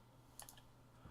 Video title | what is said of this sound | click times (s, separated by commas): FrSky X-Lite Radio Series: Simple Setup of a brand new radio | So you want it towards the USB port and you'll hear it click. | 0.4 s